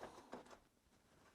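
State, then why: Seated. The neck of a Samsung ViewFinity 32-inch monitor stand is inserted into the mount on the back of the monitor at an angle and twisted until it locks. A sharp click is heard at 0.3 s, with softer handling noise before and after, and the neck is seated in place.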